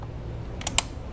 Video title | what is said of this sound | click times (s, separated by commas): FUEL LINE DISCONNECT REMOVAL BMW Z4 | you need to push all the way in until you hear the click | 0.8 s